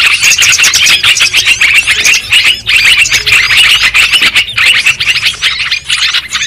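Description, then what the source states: Lovebird chatter in rapid pulses of high squeaky notes, several birds calling at once with short dips between bursts. Lovebird calls used as a lure sound for trapping birds.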